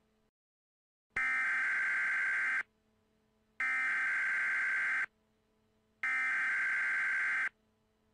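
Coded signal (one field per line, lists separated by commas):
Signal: Emergency Alert System (SAME) tones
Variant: header bursts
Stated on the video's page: Fictional EAS scenario with simulated alert tones about a tornado outbreak turning into a global hurricane disaster.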